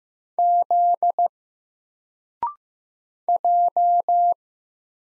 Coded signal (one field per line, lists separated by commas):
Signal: Morse code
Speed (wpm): 15 wpm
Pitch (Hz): 700 Hz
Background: none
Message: Z J